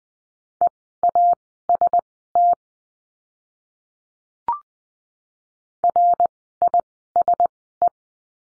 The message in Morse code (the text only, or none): EAST RISE